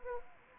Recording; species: mosquito wingbeat signal from an infrared sensor; Anopheles arabiensis